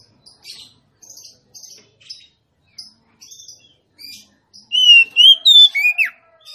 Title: Suara kacer betinamemancing kacer jantan yg macet bunyi